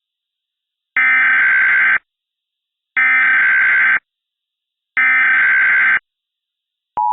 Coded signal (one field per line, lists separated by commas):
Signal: Emergency Alert System (SAME) tones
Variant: header bursts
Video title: EAS Scenario - The Big One